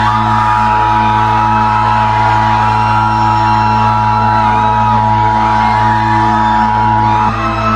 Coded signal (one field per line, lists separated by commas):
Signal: Emergency Alert System (SAME) tones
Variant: 853 and 960 Hz attention tone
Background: music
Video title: Classic Caillou and Classic Rosie makes a fake EAS/whooped/grounded